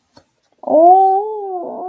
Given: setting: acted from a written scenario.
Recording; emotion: vocal sound without words; disappointment